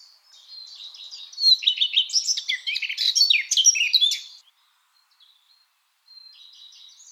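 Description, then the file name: Eurasian blackcap song, a soft scratchy warble building into loud fluty whistled phrases, then a pause and quiet chatter resuming. "Sylvia atricapilla"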